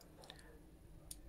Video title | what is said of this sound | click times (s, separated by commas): How to turn your hearing aids on and off | and you will feel it click, once it is in place. | 1.1 s